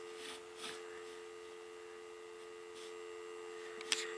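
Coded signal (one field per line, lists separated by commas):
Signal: telephone call progress tone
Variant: North America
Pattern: dial tone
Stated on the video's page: Tone heard during call testing of a Southwestern Bell FM1000 corded trim line telephone and FA990 digital answering system.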